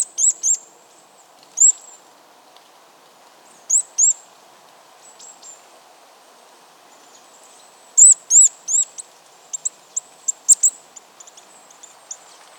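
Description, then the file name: Eurasian nuthatch: high thin bird notes in short clusters, some doubled, with a busier run of rapid chips after eight seconds; quiet background between bursts. "Sitta europaea"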